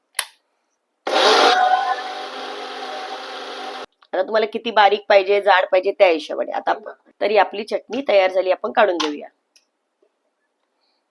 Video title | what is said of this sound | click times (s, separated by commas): Cooking Appliances Unboxing - घरात नवे kitchen gadgets - Cooking & Lifestyle Vlog | तर ह्याला लॉक सिस्टम आहे बघा लॉक झाल्याशिवाय ते होणारच नाही हे लॉक झालं आता | 0.2 s